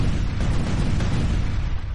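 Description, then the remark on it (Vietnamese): A loud, continuous barrage of deep explosive booms blending into one heavy rumble, sustained for the whole stretch with no pauses and no voices. “Một loạt tiếng nổ vang lên, da thịt của con bọ cạp đen tàn nát, một cái càng bị nổ đứt đoạn, trọng thương sắp chết.”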